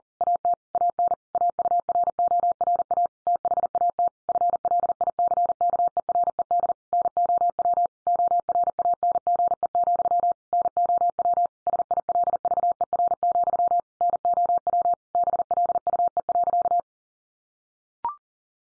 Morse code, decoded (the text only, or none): AT AN AURORA THAT FLICKERED NOW ORANGE, NOW SILVER, NOW BLUE.